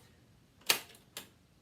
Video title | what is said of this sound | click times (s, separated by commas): 1974 Nishijin Model B | it's this metal piece right here and you're gonna push this to the right you'll hear it click | 0.7 s